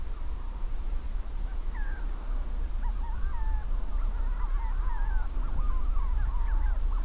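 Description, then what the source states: Manx Shearwaters giving a chorus of crowing, wavering calls that overlap and tumble over one another, over a steady low rumble. Calling in flight after dark, before midnight, under cloud on Skomer Island, Wales, June 2018, during a shearwater census; the whole island erupting in the sound; speaker's first time hearing one in flight.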